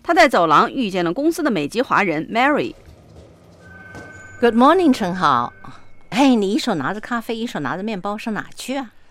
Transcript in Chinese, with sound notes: 在走廊上，他见到公司的美籍华人 Mary。
(Office ambience) Good morning, 陈豪。嘿，你一手拿著咖啡，一手拿著面包上哪儿去呀？